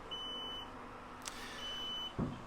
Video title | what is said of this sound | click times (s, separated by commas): 2020/21 Jeanneau Leader 40 …. Is this better value than a Princess V40? | that comes forward there locks into place and that is nice and solid | 1.3 s